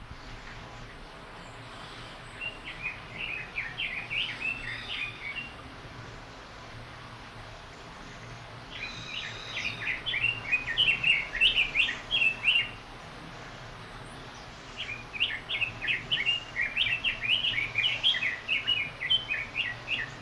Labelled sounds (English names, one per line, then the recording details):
Red-billed Leiothrix
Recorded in captivity
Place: Zoo Berlin, Berlin, DE
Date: 1992-08-01 11:15
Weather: sonnig, 22-26°C
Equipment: Marantz CP 430, Sennheiser ME 80, Kopie Tesla B 116
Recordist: Tembrock, Günter
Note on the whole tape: Gesang, Abstand ca. 2 m